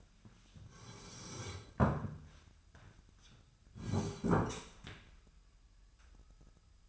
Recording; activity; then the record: daily activity, microphone in the room; sit down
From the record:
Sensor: 2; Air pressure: 998.4 hPa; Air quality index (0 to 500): 130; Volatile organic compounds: 3 ppm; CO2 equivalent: 1476 ppm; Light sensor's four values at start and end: 8/20/8/9 and 8/20/8/9